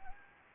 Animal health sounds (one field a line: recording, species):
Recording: mosquito wingbeat signal from an infrared sensor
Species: Anopheles gambiae